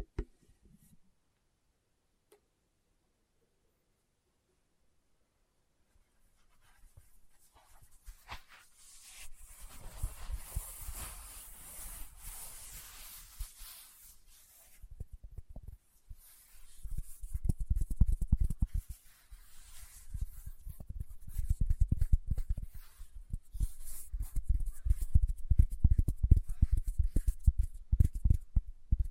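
Fingertip tapping begins after a near-silent opening, first as soft, bright hissing scratches around 9 to 15 seconds. From about 17 seconds, quick, dense patters of low, thumping taps come in clusters, joined by a light crinkling rustle through the end.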